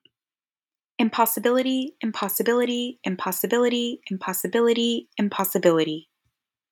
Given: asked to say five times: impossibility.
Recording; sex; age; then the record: repeated word; female; 20 to 29 years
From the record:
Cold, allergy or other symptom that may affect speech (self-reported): no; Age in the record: 26 years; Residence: Florida, United States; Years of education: 19